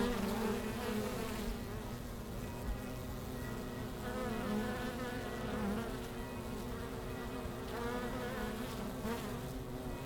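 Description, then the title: Many honey bees droning together, a low buzzing hum broken by bees passing with sliding pitch, faint ringing in the background. Langel, Köln, Germany; early October, sun gone from the hives; most bees returning to the hive, many white-backed from Himalayan balsam flowers; village church bells ringing in background. "Langel, Köln, Deutschland - Bienen Anfang Oktober. Bees at the beginning of October"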